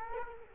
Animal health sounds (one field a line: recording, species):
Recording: mosquito wingbeat signal from an infrared sensor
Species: Culex quinquefasciatus